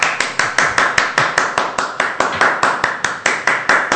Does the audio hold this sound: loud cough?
no